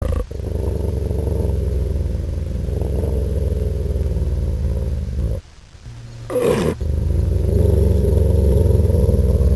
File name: wolf growling